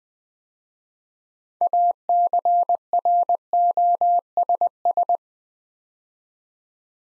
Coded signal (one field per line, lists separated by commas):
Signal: Morse code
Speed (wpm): 20 wpm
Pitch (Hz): 700 Hz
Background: none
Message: ACROSS